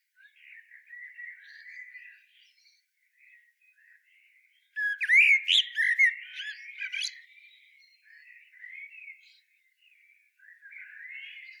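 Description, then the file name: Common blackbird giving quiet fluty warbles, then one loud squeaky twittered flourish midway, followed again by soft low warbling to the end. "Turdus merula"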